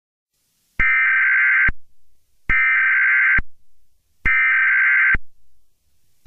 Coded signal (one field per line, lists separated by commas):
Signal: Emergency Alert System (SAME) tones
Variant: header bursts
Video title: Biohazard Purge: An EAS Mini Scenario